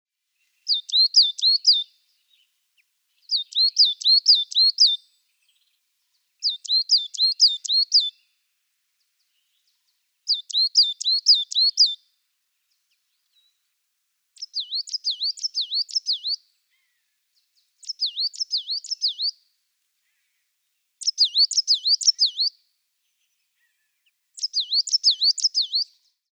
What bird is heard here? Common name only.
Coal Tit